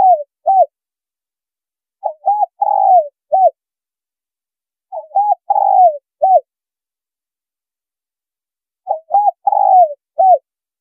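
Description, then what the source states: Spotted dove giving coo phrases about every three seconds, each a few short arched notes around a longer wavering coo; quiet between phrases. Female bird.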